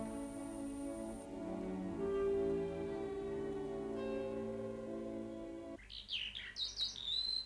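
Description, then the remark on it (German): A sustained, layered tonal drone fills most of the sound, then breaks off into bright, rapid birdsong: loud, hovering larks and nightingales in tree branches trilling and chirping in quick, high, rising phrases. “Ich senkte mich zu den lauten, festschwebenden Lerchen hernieder. Und endlich zu den Nachtigallen in Zweigen und berührte einen unbekannten Boden.”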